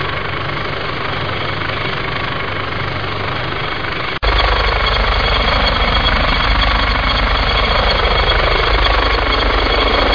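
A helicopter's rotor drones in a dense, steady rumble, jumping abruptly louder around four seconds, then sweeping slowly.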